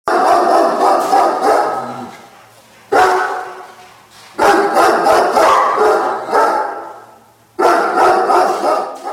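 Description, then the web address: Dog barking in rapid volleys: four loud outbursts of quick yappy barks, each tailing off over a second or two before the next begins. Puppy barking. "kuceski lai"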